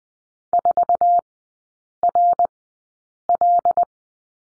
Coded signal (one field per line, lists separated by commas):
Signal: Morse code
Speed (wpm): 20 wpm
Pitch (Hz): 700 Hz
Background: none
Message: 4RL